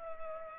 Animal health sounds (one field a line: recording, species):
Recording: mosquito wingbeat signal from an infrared sensor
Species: Culex pipiens